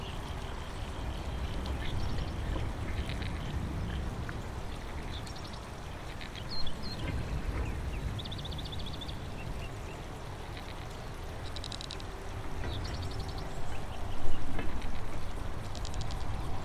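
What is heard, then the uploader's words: Aquatic insects sing in a wetland, their bright, rapid chirps and buzzing trains rising in short bursts over a steady low rumble of traffic and wind. Brief louder knocks come around the seventh and fourteenth seconds. Aquatic insects sing in the wetland by the Princes Motorway, reeds rub together..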